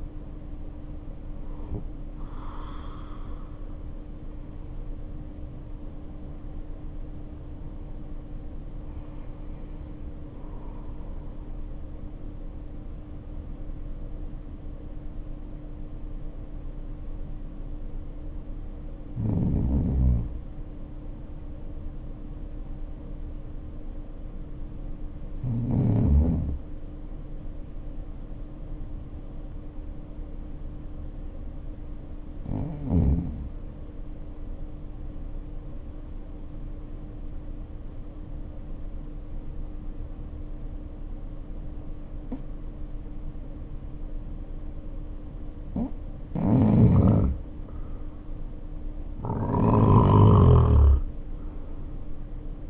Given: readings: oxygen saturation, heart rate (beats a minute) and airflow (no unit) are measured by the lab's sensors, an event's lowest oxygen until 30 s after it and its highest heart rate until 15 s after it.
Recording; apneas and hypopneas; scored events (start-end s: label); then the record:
breathing in sleep by a smartphone at the bedside; 1
3.00-52.70 s: new sleep stage, N1 (lightest sleep)
36.00-48.50 s: obstructive apnea (N1, oxygen 96% highest, then 85% lowest, heart rate 56 at the start, 61 highest)
From the record:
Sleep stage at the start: N2 (light sleep); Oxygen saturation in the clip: 76 to 96%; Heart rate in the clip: 51 to 69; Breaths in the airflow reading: 10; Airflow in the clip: -3.7 to 4.0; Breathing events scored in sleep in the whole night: 520 in 7.2 hours asleep